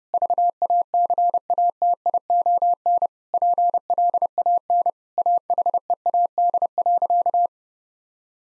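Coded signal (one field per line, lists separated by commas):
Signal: Morse code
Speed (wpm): 30 wpm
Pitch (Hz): 700 Hz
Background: none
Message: VACATION PLAN AHEAD.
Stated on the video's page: Morse practice at 30 wpm, sentences with common seven-word phrases for head-copy.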